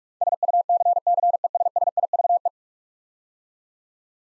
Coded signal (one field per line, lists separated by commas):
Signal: Morse code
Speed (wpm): 46 wpm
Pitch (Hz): 700 Hz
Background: none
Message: SUCCESSIVE